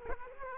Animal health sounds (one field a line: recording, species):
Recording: mosquito wingbeat signal from an infrared sensor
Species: Culex quinquefasciatus